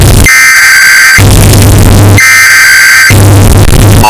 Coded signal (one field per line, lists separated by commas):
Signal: Emergency Alert System (SAME) tones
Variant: header bursts